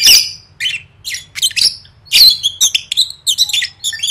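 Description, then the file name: Lovebird giving rasping squawks and rapid chattering notes, several harsh calls crowded into a few seconds. "tieng vet mau don"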